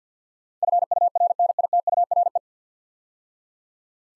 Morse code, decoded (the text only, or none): FURNITURE